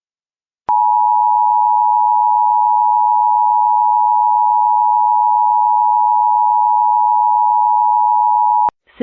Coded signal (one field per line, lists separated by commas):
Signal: Emergency Alert System (SAME) tones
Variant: 853 and 960 Hz attention tone